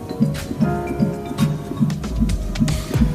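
Fast, regular whooshing thumps near 150 a minute: a baby's heartbeat picked up by Doppler during a pregnancy check, within the normal range.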